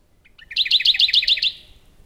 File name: warbler-radde Phylloscopus-schwarzi